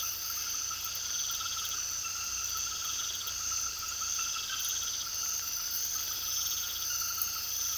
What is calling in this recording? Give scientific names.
none